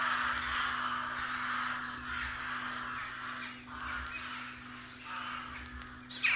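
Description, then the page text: Rooks cawing together, a dense raspy chorus of overlapping calls with no pauses, fading slightly midway before a sharp burst at the very end. Colony of rooks. "Б. Вепринцев - Голоса весны (1970) - A1. Колония грачей"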